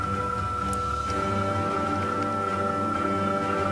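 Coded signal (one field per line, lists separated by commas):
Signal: PSK31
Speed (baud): 31.25 baud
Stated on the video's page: PSK31 on 20 meters from a 3-watt PSK-20 QRP transceiver with NUE-PSK modem, SOTA Tuner and 66-foot wire, portable field station for DX.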